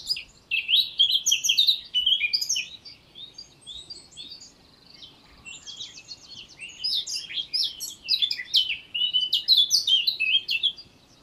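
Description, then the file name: Eurasian blackcap song in two bouts of scratchy, jumbled warbling broken by a few seconds of near silence. "Sylvia atricapilla"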